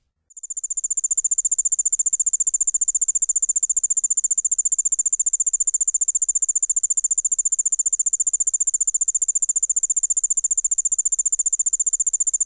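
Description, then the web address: Allard's ground cricket song: a rapid, very high, steady train of ticking pulses, many per second, swelling up over the first second and then continuing evenly without pause. "The Songs of Insects. Allard's Ground Cricket"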